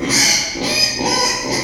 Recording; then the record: squeal of a Yucatan mini pig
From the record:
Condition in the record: before surgery on the right vocal fold (resection and tissue-engineered implant); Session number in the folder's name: 2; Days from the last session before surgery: 0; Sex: male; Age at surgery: 12 weeks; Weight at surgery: 13 kg